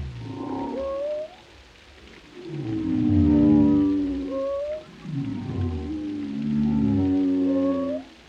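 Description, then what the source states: Whale song of long, low moans with rising upswept whistles above, phrases swelling and fading every few seconds. Whale vocalizations, including moans, calls and melodic sounds.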